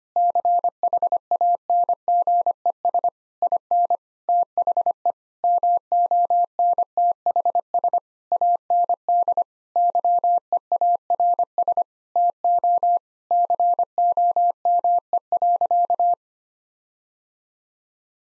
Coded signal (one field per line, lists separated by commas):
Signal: Morse code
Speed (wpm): 25 wpm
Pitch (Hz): 700 Hz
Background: none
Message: CHANGES IN THE MONTHS AND YEARS TO COME.